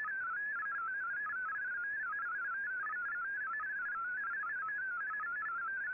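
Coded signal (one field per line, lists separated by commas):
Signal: multi-tone FSK (Olivia or MFSK type)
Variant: MFSK32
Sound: rapid warbling single tone hopping between many close pitches, like a fast burbling melody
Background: radio static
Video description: Here is my decode of the Shortwave Radiogram broadcast today on 15770Khz shortwave radio at 1300UTC in MFSK32 and 64 with 11 SSTV images.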